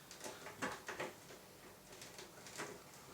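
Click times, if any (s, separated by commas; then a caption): none. A pour spout is slipped over the opening of a plastic fuel can, stuck on and lined up before it is wound down and locked. Faint plastic rubbing and handling noises run through the clip, with brief knocks around 0.1, 0.9, 1.0 and 3.1 seconds. Nothing has seated or clicked yet.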